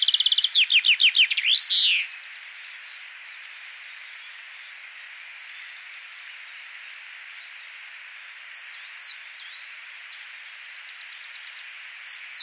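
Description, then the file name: Common chaffinch song: one loud cascading trill that drops in pitch and ends in a flourish, followed by quiet scattered chirps. "Fringilla coelebs"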